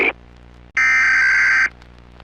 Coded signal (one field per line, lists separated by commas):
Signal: Emergency Alert System (SAME) tones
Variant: header bursts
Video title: EAS Scenario - Black mesa Incident Statewide